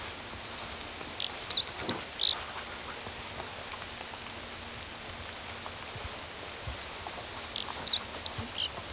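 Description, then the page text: Black-throated accentor giving two brief, thin, tinkling song phrases at the start and end, with a long quiet gap between them. "Black-Throated Accentor Song. Quick Sounds"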